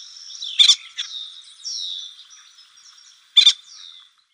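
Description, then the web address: Spotless starling giving a few sharp harsh bursts, separated by high slurred whistles and soft chattering notes. "Schulze Peter Spotless Starling calls"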